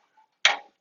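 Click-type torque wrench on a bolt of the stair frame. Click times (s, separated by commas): 0.4 s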